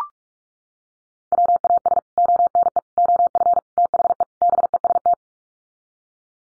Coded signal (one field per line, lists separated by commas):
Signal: Morse code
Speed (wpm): 44 wpm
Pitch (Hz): 700 Hz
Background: none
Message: WAS ONE OF THE BEST